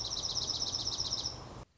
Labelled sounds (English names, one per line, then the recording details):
Dark-eyed Junco
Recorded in Sonoma County, California